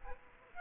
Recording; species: mosquito wingbeat signal from an infrared sensor; Aedes aegypti